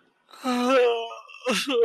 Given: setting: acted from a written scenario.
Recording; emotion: vocal sound without words; sadness